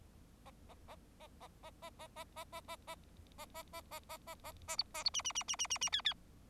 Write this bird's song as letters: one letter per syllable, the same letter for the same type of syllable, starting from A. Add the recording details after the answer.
A A A A A A A A A A A A A A A A A A A A A B A B C C C C C C C D D. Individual Bird4